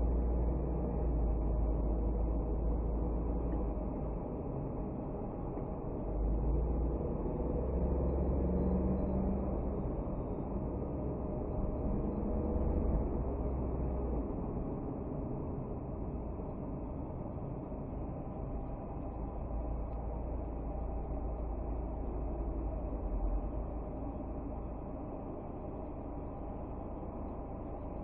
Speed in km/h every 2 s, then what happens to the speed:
23, 24, 20, 25, 29, 30, 30, 19, 14, 6, 5, 0, 0, 0.
0-5 steady at about 23. 5-7 speeds up to 29. 7-12 steady at about 30. 12-22 slows to 0. 22-28 standing.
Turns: none.